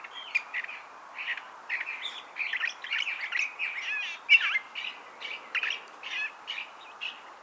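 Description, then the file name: California thrasher song, a long continuous stream of rapid, harsh, chattering and scratchy notes with varied phrases and no long breaks. "Toxostoma redivivum - California Thrasher"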